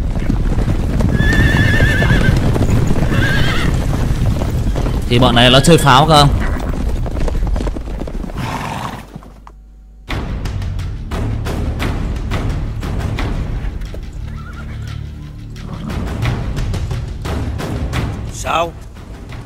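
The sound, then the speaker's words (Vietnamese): Horses whinny with rising, wavering cries while hooves clip-clop and thud in a busy, rhythmic patter, a man speaking over the commotion before a brief lull and the hoofbeats resume. “Cùng xem mấy con ngựa lùng của ngươi làm sao địch nổi tượng binh của ta.”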